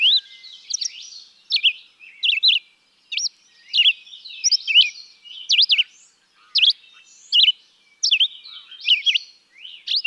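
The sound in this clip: Red-eyed vireo song of quick, separate whistled phrases spaced by short, irregular pauses.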